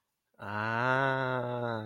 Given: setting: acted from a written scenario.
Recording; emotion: vocal sound without words; realization